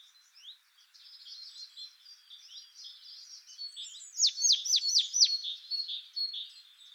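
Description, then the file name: Marsh tit delivering one quick run of sharp, falling high notes after a stretch of faint, jumbled twittering. "Poecile palustris"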